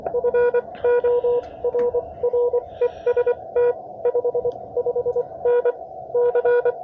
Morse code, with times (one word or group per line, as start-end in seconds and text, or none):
0.1-3.7 FORREST
4.1-4.5 5
4.8-5.7 5N
6.1-6.7 C